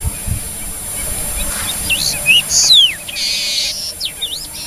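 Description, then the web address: Long-tailed meadowlark singing, high whistled notes with sharp downward slurs, over background noise. "cantos loica"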